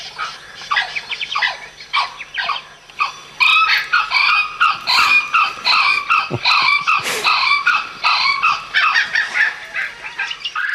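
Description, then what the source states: Blue-winged kookaburra giving frantic, raucous cackling in dense chattering bursts with strong harmonics. Very vociferous, really going for it.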